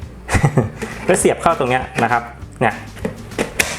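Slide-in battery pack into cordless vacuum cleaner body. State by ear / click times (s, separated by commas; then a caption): seated / 3.6 s. Someone talks while a charged 20 V Li-ion battery pack is slid into the locking slot of an imax IMVC-20 cordless handheld vacuum cleaner. A sharp click is heard at 3.6 s as the pack snaps home and is seated.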